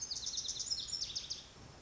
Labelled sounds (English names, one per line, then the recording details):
Lazuli Bunting
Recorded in Sonoma County, California